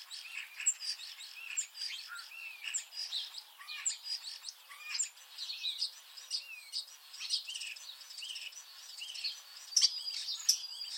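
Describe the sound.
Common starling giving a dense, continuous chatter of clicks, squeaks and short whistles, with a few loud sharp notes near the end.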